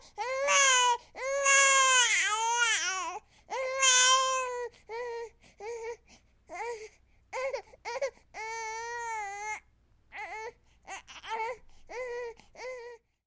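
An 8-week-old baby crying in repeated bursts, about 12 over 13 seconds, with rising-falling tone and brief gasping pauses.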